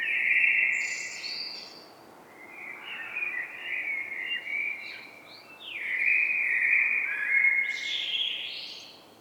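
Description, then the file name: Common blackbird delivering several melodious whistled phrases in quick succession, some ending in thin, high, scratchy twitters. "Turdus merula"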